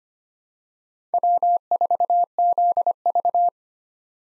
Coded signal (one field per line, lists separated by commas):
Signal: Morse code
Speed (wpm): 25 wpm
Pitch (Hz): 700 Hz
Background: none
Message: W4ZV